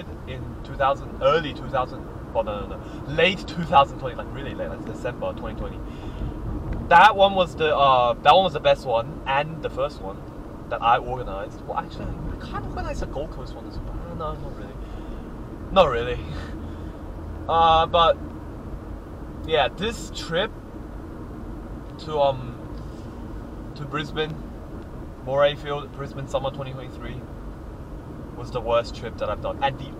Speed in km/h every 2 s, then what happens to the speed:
61, 62, 59, 55, 54, 53, 55, 56, 56, 57, 54, 54, 53, 52, 52.
0-7 slows to 54. 7-30 steady at about 54.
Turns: none.